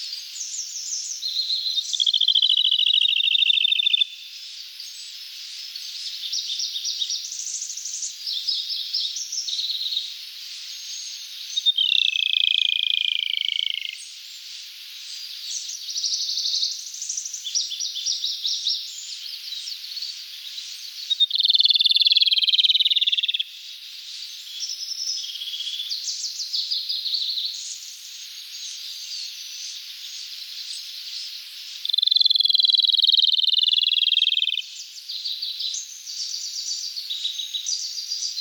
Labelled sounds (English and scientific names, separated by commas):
Rufous-tailed Robin (Luscinia sibilans) song